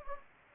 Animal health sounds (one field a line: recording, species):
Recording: mosquito wingbeat signal from an infrared sensor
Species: Anopheles gambiae